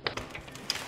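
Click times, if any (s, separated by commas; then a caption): none. The upper canopy hub of a folding aluminum frame on a compact 10-foot tent is being handled and pushed upward to lock the canopy at the front. Sharp handling ticks come at about 0.1 s and 0.7 s, with fainter knocks near 0.2 s and 0.4 s over a low background. Nothing has snapped or seated yet.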